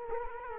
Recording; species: mosquito wingbeat signal from an infrared sensor; Culex quinquefasciatus